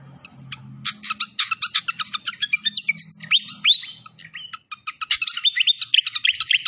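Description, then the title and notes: Malaysian pied fantail song: rapid, sharp repeated chips mixed with sliding squeaky whistles over a faint low hum. Masteran (bird-training recording) of a clear-voiced bird, mixed with the sound of gurgling flowing water. "Masteran Sikatan Kipas Suara Jernih Dan Suara Gemericik Air. Suara Burung Sikatan Londo"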